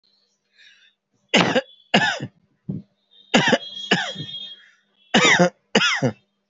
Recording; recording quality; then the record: heavy voluntary cough; moderate, slight background noise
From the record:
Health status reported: healthy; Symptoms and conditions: hypertension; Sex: male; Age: 49 years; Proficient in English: yes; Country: India